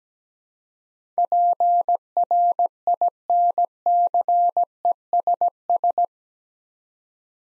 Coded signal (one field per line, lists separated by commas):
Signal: Morse code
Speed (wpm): 17 wpm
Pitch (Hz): 700 Hz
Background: none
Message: PRINCESS